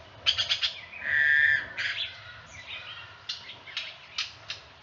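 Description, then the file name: Grey-headed bushshrike calling: a quick burst of harsh clicking notes, then a steady drawn-out whistle, followed by scattered rasping and sharp chipping notes. Call, recorded 17 February 2018 at 10:42. "Malaconotus blanchoti, roep, 2018-2-17 10 h 42"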